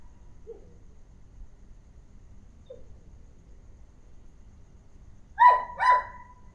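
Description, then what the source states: Dog giving two faint short squeaks, then a loud sharp double bark near the end, with a quiet low background hum. Small-sized dog.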